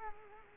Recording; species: mosquito wingbeat signal from an infrared sensor; Culex quinquefasciatus